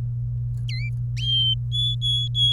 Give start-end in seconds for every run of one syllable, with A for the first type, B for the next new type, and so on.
0.68-0.89 A, 1.72-2.52 B